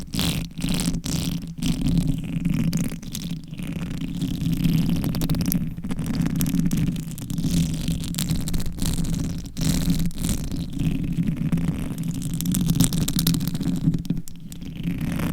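Brain scratching: a continuous low rumbling hum runs underneath a dense, crackly rasp of scratching across the top. The scratching swells and thins irregularly, broken by frequent brief dropouts of near-silence, with a few louder stretches around the middle and near the end.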